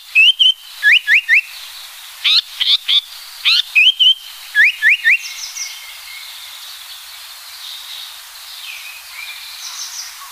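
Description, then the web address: Japanese paradise flycatcher song: short whistled phrases ending in three quick rising whistles, given twice, then fainter bird calls in the background. "sikioto. sankoucho"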